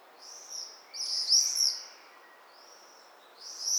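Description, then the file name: Common swift screams: a faint thin scream first, then a louder harsh trilling scream, a brief weaker one, and a new scream starting at the end. Calls given during display flights. "Martinetnoirparades"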